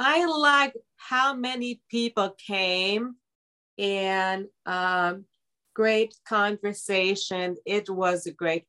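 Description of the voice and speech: Adult woman, a stroke survivor with aphasia, speaking in short, halting phrases with long pauses and drawn-out filler sounds between them. Aphasia has made her communication more blunt and direct.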